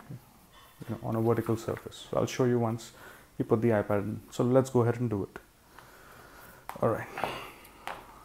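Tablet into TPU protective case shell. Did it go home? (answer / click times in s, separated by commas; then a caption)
yes / 7.9 s. A person talks while an iPad (2018, 9.7-inch) is pressed into a soft TPU folio case shell. A few faint handling knocks come after the talking, then a sharp snap at 7.9 s marks the tablet seating in place.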